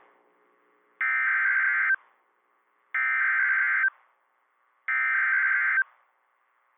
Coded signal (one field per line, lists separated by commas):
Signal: Emergency Alert System (SAME) tones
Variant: header bursts